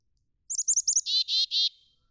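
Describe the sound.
Black-capped chickadee calling: a few quick high introductory notes, then three harsh buzzy dee notes in one short burst.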